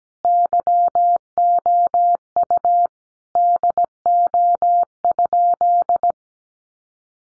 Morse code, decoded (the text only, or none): YOU DO?